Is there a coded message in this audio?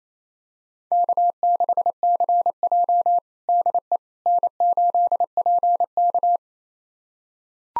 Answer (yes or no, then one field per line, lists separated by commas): yes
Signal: Morse code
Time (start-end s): 0.9-6.4 s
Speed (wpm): 27 wpm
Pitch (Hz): 700 Hz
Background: none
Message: K6CJ DE N8PK